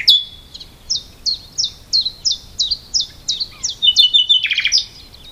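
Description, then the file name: Common nightingale song: rapid, evenly repeated sharp descending notes followed by a short buzzy trill at the end. "Luscinia megarhynchos"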